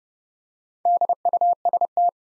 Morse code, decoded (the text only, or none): DUST